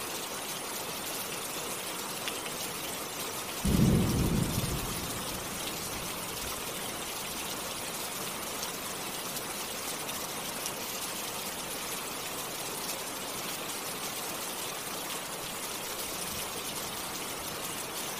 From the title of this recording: Rain Sound